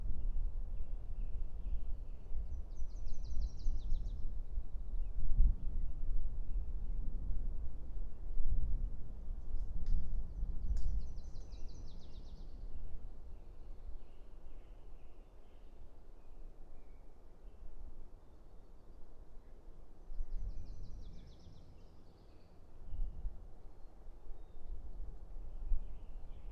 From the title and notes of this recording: Passing Thunderstorm East Of Bear Mountain. A late spring afternoon in a small stand of Quaking Aspen growing beneath tall Ponderosa Pines beside a seasonally flooded meadow located east of Bear Mountain in Shasta-Trinity National Forest, Siskiyou County, California. A microphone is placed on either side of the trunk of a tree, in this case a Quaking Aspen.